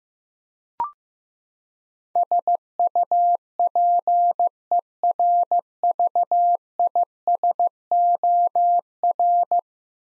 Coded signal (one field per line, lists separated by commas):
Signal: Morse code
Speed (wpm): 15 wpm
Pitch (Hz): 700 Hz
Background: none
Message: SUPERVISOR